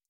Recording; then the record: hydrophone in a shrimp aquaculture tank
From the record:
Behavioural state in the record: stressed